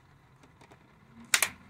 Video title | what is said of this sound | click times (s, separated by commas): Ambiano Vacuum Food Sealer | push down on the press here symbol on both sides until you hear and feel it click | 1.3 s, 1.4 s